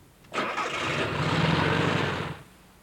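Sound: car engine starting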